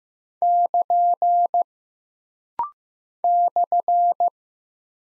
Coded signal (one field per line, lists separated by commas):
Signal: Morse code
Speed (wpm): 15 wpm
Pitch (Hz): 700 Hz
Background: none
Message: <KN> /